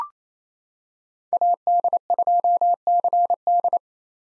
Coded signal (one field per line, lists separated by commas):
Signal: Morse code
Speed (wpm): 28 wpm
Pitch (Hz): 700 Hz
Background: none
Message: AD2CD